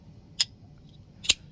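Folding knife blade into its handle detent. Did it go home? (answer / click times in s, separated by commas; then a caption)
yes / 0.4 s, 1.3 s. A folding knife blade with M390 steel is dropped shut and snaps back into its handle detent. Two sharp, bright clicks are heard at about 0.4 s and 1.3 s over a faint low background, with a soft tick near 0.9 s. The blade clicks into its detent and is seated.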